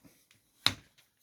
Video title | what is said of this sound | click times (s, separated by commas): Fitting the Rain Acculevel with Adaptor Plate | and it locks into place | 0.7 s